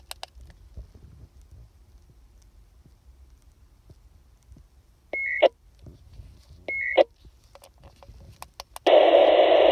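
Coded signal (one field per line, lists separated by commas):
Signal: modem data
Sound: soft static, two brief tone bursts, then a loud steady wideband data hiss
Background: radio static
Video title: 169.500 MHz IFLOWS VHF Datalink Radio Backbone Data Packet Radio Bursts - VHF Radio Sensor Network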